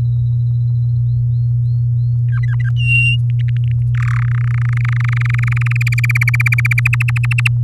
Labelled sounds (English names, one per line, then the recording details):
Domestic Canary song
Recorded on 6 May 2018 at 17:43
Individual llb16